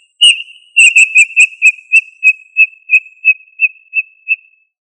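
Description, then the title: Tinamou whistles in a quick series of about a dozen short, pure notes on one pitch, slowing slightly. "Familia Tinamidae - Quail - Puyuh"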